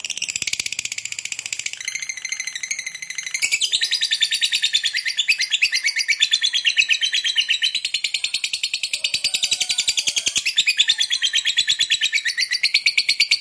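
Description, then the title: Lovebird song: a continuous, energetic torrent of shrill, buzzy chatter and squeaks, growing louder after a few seconds and staying intense. Lovebird kept as a fighter bird, singing energetically (gacor). "SUARA Lovebird FIGHTER GACOR"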